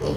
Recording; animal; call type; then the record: contact call of a hoofed animal; pig; closed-mouth grunt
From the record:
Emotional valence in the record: positive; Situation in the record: food and toys in familiar pen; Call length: 0.17 s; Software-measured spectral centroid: 1990 Hz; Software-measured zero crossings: 1180 a second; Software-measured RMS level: -25 dBFS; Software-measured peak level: -13 dBFS